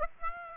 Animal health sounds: mosquito wingbeat signal from an infrared sensor; Aedes aegypti

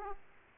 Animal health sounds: mosquito wingbeat signal from an infrared sensor; Aedes aegypti

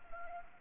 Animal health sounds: mosquito wingbeat signal from an infrared sensor; Anopheles arabiensis

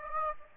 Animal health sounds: mosquito wingbeat signal from an infrared sensor; Aedes aegypti

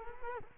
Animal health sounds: mosquito wingbeat signal from an infrared sensor; Culex quinquefasciatus

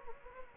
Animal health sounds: mosquito wingbeat signal from an infrared sensor; Anopheles gambiae

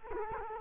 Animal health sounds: mosquito wingbeat signal from an infrared sensor; Culex quinquefasciatus

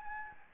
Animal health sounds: mosquito wingbeat signal from an infrared sensor; Anopheles gambiae

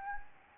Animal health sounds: mosquito wingbeat signal from an infrared sensor; Anopheles gambiae

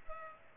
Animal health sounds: mosquito wingbeat signal from an infrared sensor; Culex pipiens

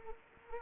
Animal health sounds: mosquito wingbeat signal from an infrared sensor; Anopheles arabiensis

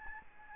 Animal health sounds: mosquito wingbeat signal from an infrared sensor; Aedes albopictus

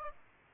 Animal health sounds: mosquito wingbeat signal from an infrared sensor; Aedes aegypti

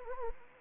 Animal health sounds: mosquito wingbeat signal from an infrared sensor; Anopheles gambiae

